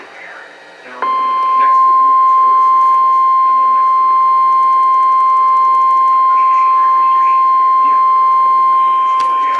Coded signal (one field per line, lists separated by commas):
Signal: Emergency Alert System (SAME) tones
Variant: 1050 Hz attention tone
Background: speech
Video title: NOAA - TOR & SVR (EAS #1,019-1,020)